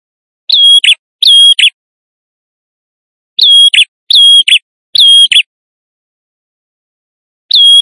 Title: Suara Prenjak Tamu Jantan Gacor - Pancingan Ampuh